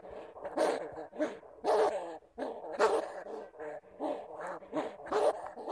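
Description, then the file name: Bamboo rat calls: harsh, harmonic grunts in irregular bursts, mixed with sharp clicking noises. "Tieng dui keu"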